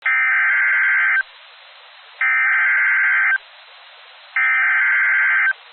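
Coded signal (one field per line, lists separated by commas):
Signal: Emergency Alert System (SAME) tones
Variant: header bursts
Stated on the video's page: Severe thunderstorm warning EAS alert with valid SAME tones.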